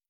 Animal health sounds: hydrophone in a shrimp aquaculture tank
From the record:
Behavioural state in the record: stressed

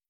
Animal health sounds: hydrophone in a shrimp aquaculture tank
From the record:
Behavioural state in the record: starved

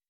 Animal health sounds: hydrophone in a shrimp aquaculture tank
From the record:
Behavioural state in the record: weakened

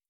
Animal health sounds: hydrophone in a shrimp aquaculture tank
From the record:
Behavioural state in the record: starved

